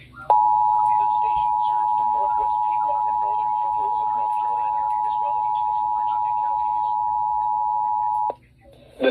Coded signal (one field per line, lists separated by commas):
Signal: Emergency Alert System (SAME) tones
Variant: 853 and 960 Hz attention tone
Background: speech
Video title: Severe Weather EAS Alerts (Marginal Risk) (6/5/26) EAS 248 - 260